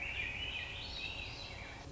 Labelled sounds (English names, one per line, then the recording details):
Swainson's Thrush
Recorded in Sonoma County, California